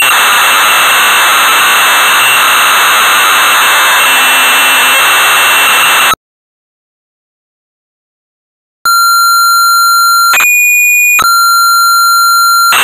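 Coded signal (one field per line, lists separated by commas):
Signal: computer data on cassette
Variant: Amstrad CPC 464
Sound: loud hiss with faint whine, a pause, then a buzzy steady lead tone, broken once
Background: tape hiss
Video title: Sabre Wulf (1985) - Amstrad CPC 464 (Full Tape Rip / Cassette Load)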